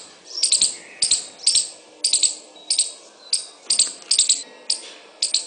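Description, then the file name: Squirrel rattling chatter: crisp high clicks in tight clusters, repeated about twice a second, with a light background hiss. "suara-bajing -omkicau"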